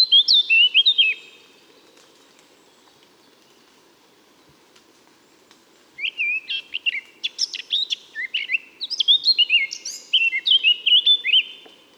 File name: Sylvia atricapilla